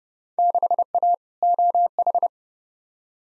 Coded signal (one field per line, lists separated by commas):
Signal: Morse code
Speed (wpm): 31 wpm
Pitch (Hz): 700 Hz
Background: none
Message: 6A OH